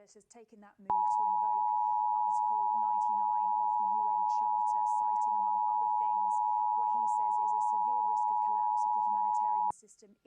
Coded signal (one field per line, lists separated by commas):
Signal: Emergency Alert System (SAME) tones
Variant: 853 and 960 Hz attention tone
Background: speech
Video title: EAS Minnesota Required Monthly Test on Prairie PBS